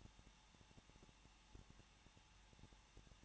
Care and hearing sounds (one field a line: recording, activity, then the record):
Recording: daily activity, microphone in the room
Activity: no activity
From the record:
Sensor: 1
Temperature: 20.1 degrees Celsius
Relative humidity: 39.2%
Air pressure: 1006.3 hPa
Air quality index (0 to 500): 218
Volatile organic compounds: 77 ppm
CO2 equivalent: 3583 ppm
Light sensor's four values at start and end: 1/2/1/1 and 1/2/1/1